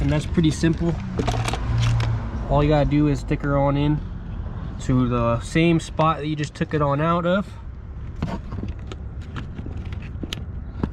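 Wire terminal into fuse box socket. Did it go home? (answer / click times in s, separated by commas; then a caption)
yes / 10.3 s. Someone talks while pushing a wire's crimped metal terminal into its slot in a new plastic fuse box on a BMW E30. After several small handling clicks and knocks, the terminal seats with a sharp click at 10.3 seconds.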